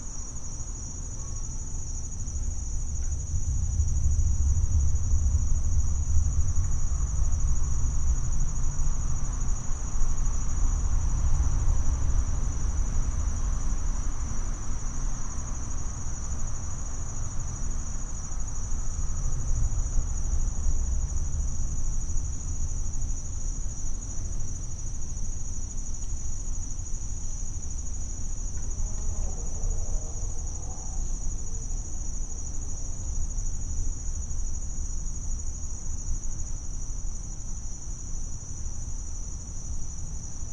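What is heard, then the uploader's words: A back yard on a Saturday, with a steady, high insect or cricket drone running unbroken through the whole stretch. Underneath, a low rumble swells over the first twenty seconds, like passing traffic, then eases, and a brief faint squeak turns up around the thirty-second mark. The sounds of a back yard on a Saturday in August.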